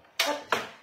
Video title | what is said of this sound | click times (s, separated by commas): live 26/8 la Grèce: Galette de courgettes au Manouri, tarte marmelada ALL CLAD : Grill - ALL COOK | remet donc voyez pour le bord c'est il suffit de poser il faut entendre le clic voilà | 0.2 s